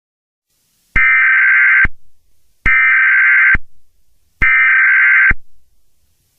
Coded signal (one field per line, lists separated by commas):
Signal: Emergency Alert System (SAME) tones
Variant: header bursts